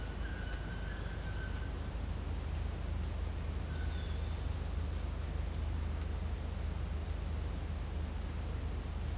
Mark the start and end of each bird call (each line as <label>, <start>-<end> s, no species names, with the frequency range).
bird call (1.1-2.5 kHz), 0.00-1.89 s